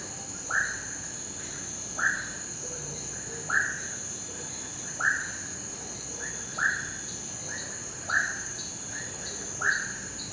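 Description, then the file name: Cricket chorus as a steady high buzz, overlaid by regular swooping calls repeating roughly every one and a half seconds. Night chorus of crickets and cicadas in a rural setting, with frogs. "Sapos ambiente rural a noite coro de grilos e cigarras, cachorro longe"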